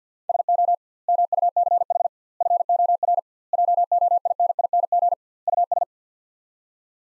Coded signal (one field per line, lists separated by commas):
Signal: Morse code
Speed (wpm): 50 wpm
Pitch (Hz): 700 Hz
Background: none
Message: SO MUCH FOR JOINING US